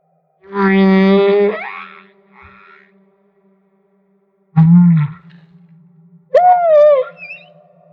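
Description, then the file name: Humpback whale song with a rich harmonic moan, then a deep grunt, followed by a rising and falling higher cry. Maui. "Humpback Whale - Maui Whale One"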